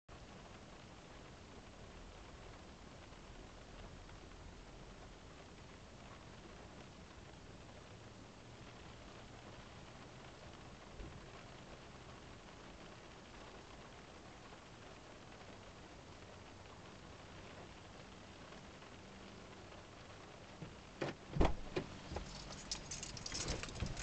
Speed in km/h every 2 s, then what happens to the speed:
0, 0, 0, 0, 0, 0, 0, 0, 0, 0, 0, 0.
0-24 standing.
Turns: none.